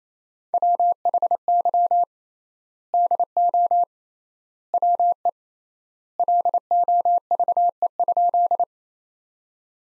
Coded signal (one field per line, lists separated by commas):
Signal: Morse code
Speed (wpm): 27 wpm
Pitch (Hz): 700 Hz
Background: none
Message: WHY DO WE LOVE?